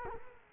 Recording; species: mosquito wingbeat signal from an infrared sensor; Culex quinquefasciatus